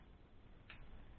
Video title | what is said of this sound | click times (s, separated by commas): Benjamin Kratos 22 caliber review | the safety mechanism is right in front of the trigger and it's got a very nice positive click you can hear that audibly | 0.7 s